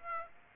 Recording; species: mosquito wingbeat signal from an infrared sensor; Aedes aegypti